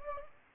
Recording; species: mosquito wingbeat signal from an infrared sensor; Anopheles gambiae